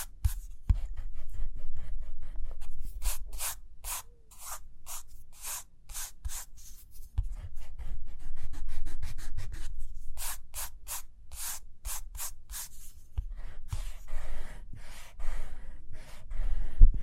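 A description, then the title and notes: Pencil or pen strokes scratch across paper in quick, fairly regular bursts, each stroke a bright dry rasp. The scribbling pauses briefly near seven and thirteen seconds, then resumes in denser runs over a faint low rumble. Page Turning and Tapping, Writing, Drawing.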